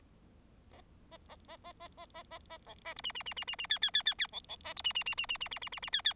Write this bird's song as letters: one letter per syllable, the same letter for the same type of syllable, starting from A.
A A A A A A A A A A B A C D D D D D D E E E E E B B A C D D D D D D D D D D E E